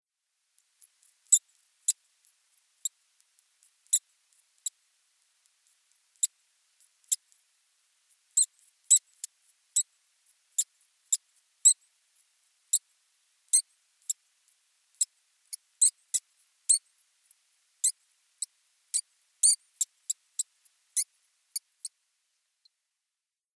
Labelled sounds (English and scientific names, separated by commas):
European Water Vole (Arvicola amphibius)